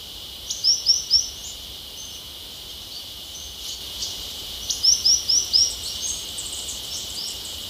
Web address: Natures Songs S America Birds of Ecuador White-winged Tanager